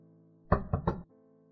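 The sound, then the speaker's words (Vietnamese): Three firm knocks on a door in quick succession, each a dull, resonant thud, standing alone against a faint steady background hum. “Có tiếng gõ cửa, lão hổ nói lớn.”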